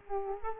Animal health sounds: mosquito wingbeat signal from an infrared sensor; Culex quinquefasciatus

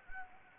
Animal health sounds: mosquito wingbeat signal from an infrared sensor; Anopheles gambiae

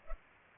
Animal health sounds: mosquito wingbeat signal from an infrared sensor; Culex pipiens

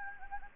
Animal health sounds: mosquito wingbeat signal from an infrared sensor; Anopheles gambiae

